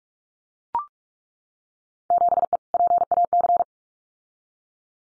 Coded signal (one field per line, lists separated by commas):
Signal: Morse code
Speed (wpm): 44 wpm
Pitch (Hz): 700 Hz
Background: none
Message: 7E PAC